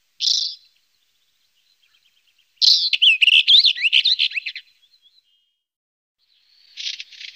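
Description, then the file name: Northern wheatear song: a short scratchy burst, then a two-second jumble of rapid, grating, warbled notes with clicks, and a final scratchy fragment after a pause. "tapuit northern wheatear"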